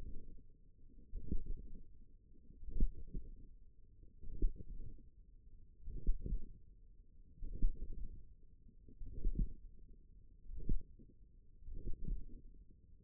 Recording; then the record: forearm muscle sounds (acoustic myography)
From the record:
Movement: tripod grip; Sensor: system 1, eight BSWA MPA416 microphones around the upper forearm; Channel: 7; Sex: female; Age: 21 years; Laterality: right